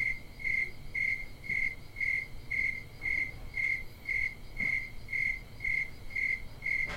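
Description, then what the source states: Cricket chirping, short high pulsed chirps repeated steadily about twice a second, with a faint low background hum. Crickets recorded at Bisbee.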